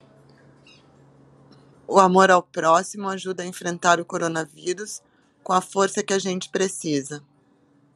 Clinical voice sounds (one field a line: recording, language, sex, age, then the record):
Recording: spoken sentence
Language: Brazilian Portuguese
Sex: female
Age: 50 to 59 years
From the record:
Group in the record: control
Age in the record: 54 years